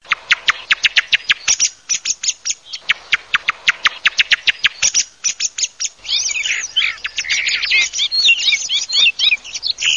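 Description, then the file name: Thrush song: a rapid series of sharp, clicking repeated notes, a brief pause, then a burst of fast, varied warbling phrases. "TORDOs"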